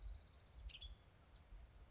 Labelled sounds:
Western Tanager
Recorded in Sonoma County, California

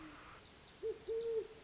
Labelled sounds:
Great Horned Owl
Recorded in Sonoma County, California

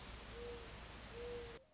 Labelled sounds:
Mourning Dove
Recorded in Sonoma County, California

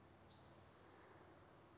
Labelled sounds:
Spotted Towhee
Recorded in Sonoma County, California

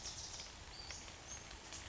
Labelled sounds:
Western Flycatcher
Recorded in Sonoma County, California

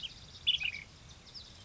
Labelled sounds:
Ash-throated Flycatcher
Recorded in Sonoma County, California

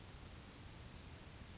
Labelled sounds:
California Towhee
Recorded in Sonoma County, California

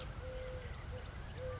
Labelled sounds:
Eurasian Collared Dove
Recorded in Sonoma County, California

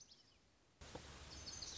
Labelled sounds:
Lazuli Bunting
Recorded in Sonoma County, California

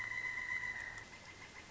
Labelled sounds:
Pileated Woodpecker
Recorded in Sonoma County, California

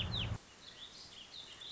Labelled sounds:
Warbling Vireo
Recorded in Sonoma County, California

